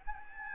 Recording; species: mosquito wingbeat signal from an infrared sensor; Aedes albopictus